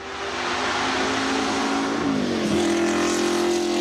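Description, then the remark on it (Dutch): A 1954 Mercedes racing car engine roars steadily at high revs, its tone holding level, then dipping and shifting pitch briefly before settling into a slightly higher sustained drone, loud and without voices. “Helemaal als ik terugdenk aan al die motoren die de afgelopen afleveringen voorbij zijn gekomen. Een Mercedes uit 1954.”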